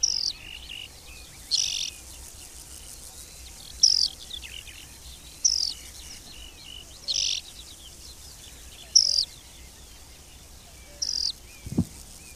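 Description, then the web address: Corn bunting song: short, high, dry jangling bursts repeated roughly every two seconds, over a soft background hiss. "agykontroll Madardalok Cd 2. Sordély"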